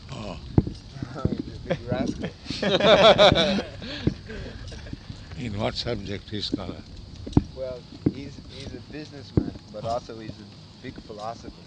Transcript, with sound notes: Oh.
He's a big rascal. [laughter]
In what subject he is scholar?
Well, he's a businessman, but also he is a big philosopher.